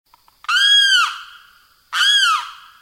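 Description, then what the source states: Limpkin giving two loud, piercing wailing screams, each rising then sliding down, with a few faint clicks just before the first. Recorded on 22 August 2005.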